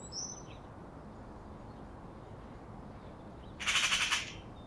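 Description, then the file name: Eurasian magpie giving a single brief harsh rattle near the end, after a faint high note early on. "Pica pica"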